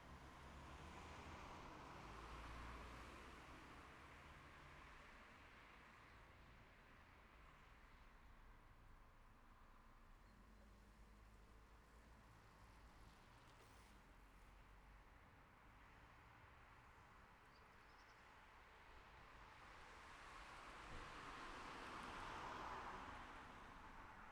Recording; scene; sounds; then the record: everyday scene through a hearing-aid microphone; in traffic; traffic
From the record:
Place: city secondary road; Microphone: behind the ear, left, rear